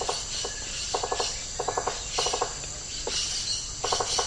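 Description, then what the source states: Rainforest insects in a chorus: a high shrill drone with bursts of quick ticking pulses in short groups. Insect chorus recorded in tropical rainforest habitat.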